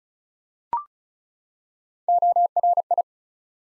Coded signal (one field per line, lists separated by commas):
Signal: Morse code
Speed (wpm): 36 wpm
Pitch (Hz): 700 Hz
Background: none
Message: ORI